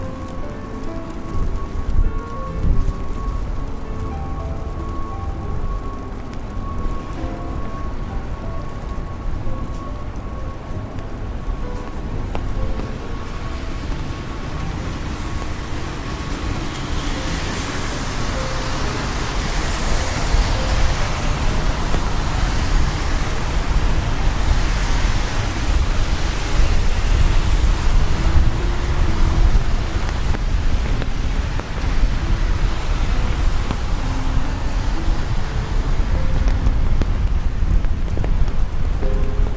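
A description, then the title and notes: Rain falls on a New York day, a dense steady hiss over a low city rumble. Faint tones drift underneath early on, and from about fifteen seconds the rain grows brighter and heavier, with passing traffic sweeping through the backdrop. Raining Day In New York.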